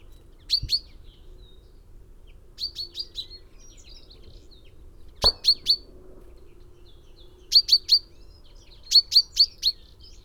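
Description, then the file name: Common chaffinch calling with crisp high notes, mostly in groups of three, repeated at irregular intervals, with two brief low knocks. "Fringilla coelebs"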